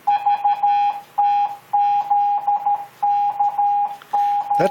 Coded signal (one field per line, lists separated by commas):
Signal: Morse code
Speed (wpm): 13 wpm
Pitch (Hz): 820 Hz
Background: none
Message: VTZKN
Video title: N5XTC Using Just Learn Morse Code Program